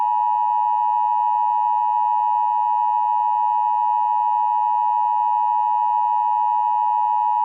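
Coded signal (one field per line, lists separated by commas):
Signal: Emergency Alert System (SAME) tones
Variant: 853 and 960 Hz attention tone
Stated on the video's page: Fictional tornado scenario, simulated alert.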